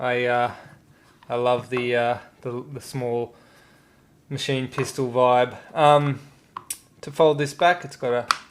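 A folding vertical foregrip on a gel blaster lower receiver is handled while someone talks. The foregrip is being prepared to fold back, but nothing has seated or clicked yet.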